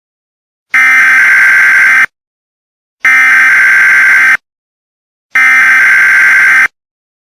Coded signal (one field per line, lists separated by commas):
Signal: Emergency Alert System (SAME) tones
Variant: header bursts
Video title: EAS Scenario: Look Up